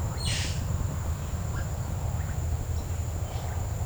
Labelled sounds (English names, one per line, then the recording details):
Violaceous Jay
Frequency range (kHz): Violaceous Jay 1.6-5.5 kHz
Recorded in secondary vegetation near Puerto Asís, Putumayo, Colombia, on 20 December 2024 at 09:00
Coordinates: 0.499, -76.323
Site G010